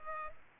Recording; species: mosquito wingbeat signal from an infrared sensor; Culex pipiens